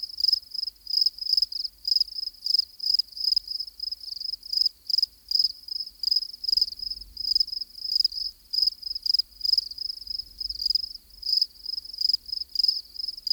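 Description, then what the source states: Cricket: high trilled chirps pulse steadily throughout, with a faint low rumble underneath. Active crickets.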